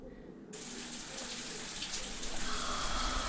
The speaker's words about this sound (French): La douche salée s'enclenche toute seule sur mon pauvre corps meurtri.